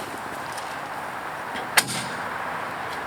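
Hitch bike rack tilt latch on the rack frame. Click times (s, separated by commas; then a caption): 1.8 s. The metal tilt latch on a Thule T2 Pro hitch bike rack snaps shut with a single sharp bang at 1.8 s as the rack is moved using its handle. Before and after, there is only a steady broadband hiss. The tilt mechanism locks in place.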